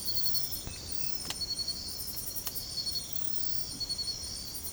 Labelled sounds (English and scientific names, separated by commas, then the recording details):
none
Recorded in secondary vegetation near Puerto Asís, Putumayo, Colombia, on 22 December 2024 at 04:00
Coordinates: 0.468, -76.324
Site G095